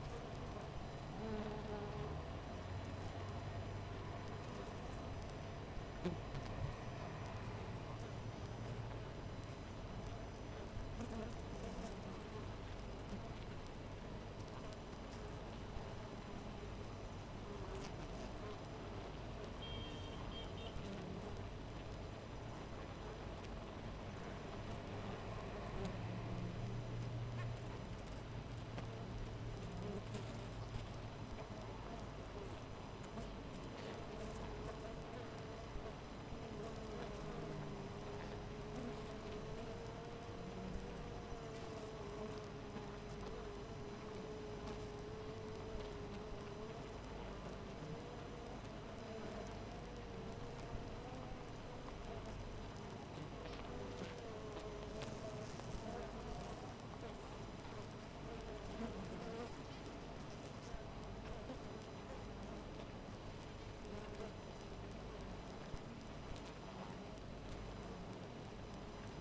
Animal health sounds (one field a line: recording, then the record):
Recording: honeybee colony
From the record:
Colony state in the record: missing queen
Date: 14 July 2017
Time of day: 5:04